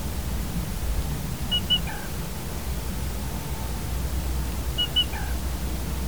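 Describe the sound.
Black rail giving two calls about three seconds apart, each two sharp high notes and a lower note, with a low steady rumble throughout.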